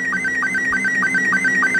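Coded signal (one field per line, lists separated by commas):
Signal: SSTV (slow-scan television)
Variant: Robot 72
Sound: warbling, chirping electronic tone with a steady low blip about three times per second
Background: low hum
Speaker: what it's doing is it's encoding this picture and this phone is decoding this picture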